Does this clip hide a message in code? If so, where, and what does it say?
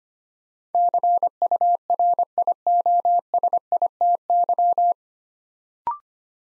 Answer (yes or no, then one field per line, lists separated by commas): yes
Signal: Morse code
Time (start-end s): 0.8-4.9 s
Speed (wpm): 25 wpm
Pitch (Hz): 700 Hz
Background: none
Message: CURIOSITY